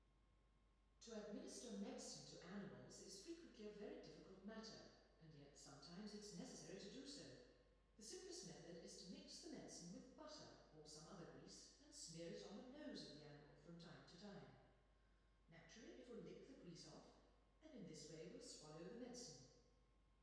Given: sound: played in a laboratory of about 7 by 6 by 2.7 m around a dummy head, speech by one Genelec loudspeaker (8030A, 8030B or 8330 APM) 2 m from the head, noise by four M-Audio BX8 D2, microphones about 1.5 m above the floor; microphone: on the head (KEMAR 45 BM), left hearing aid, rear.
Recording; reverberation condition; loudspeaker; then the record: female speech in English; high; 30 degrees to the right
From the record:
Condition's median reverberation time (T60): about 1300 ms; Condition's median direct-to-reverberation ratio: about -4.0 dB